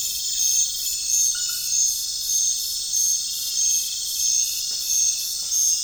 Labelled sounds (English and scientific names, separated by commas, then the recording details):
none
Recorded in pastures near Puerto Asís, Putumayo, Colombia, on 25 June 2025 at 20:00
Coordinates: 0.466, -76.322
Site GP07